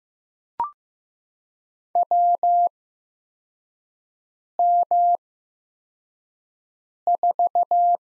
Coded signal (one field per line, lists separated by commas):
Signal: Morse code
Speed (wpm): 16 wpm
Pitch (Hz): 700 Hz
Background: none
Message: WM4